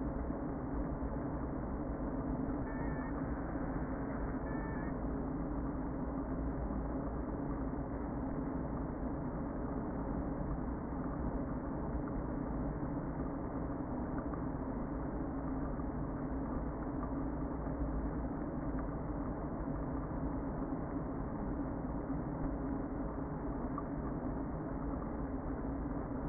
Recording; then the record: honeybee colony, microphone inside the hive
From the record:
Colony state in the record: queen present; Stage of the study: before two queens were removed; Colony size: about 60,000 bees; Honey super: yes